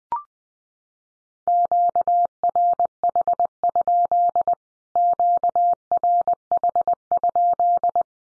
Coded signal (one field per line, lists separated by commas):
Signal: Morse code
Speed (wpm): 20 wpm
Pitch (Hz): 700 Hz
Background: none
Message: QRH? QRH?